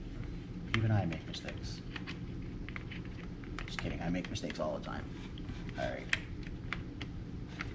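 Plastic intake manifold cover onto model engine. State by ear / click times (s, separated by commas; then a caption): not seated / none. Someone talks while handling a plastic intake manifold cover over a model engine, refitting it after first fitting it wrong, with small sharp plastic ticks and taps scattered through the clip. Nothing has seated or clicked into place yet.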